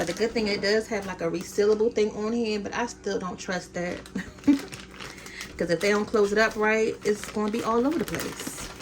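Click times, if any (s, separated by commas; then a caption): none. Someone talks while handling the resealable zip seal strip of a plastic sugar bag. Faint handling noises sit under the speech. The clip ends before the closure is pressed shut, so nothing has snapped or clicked yet.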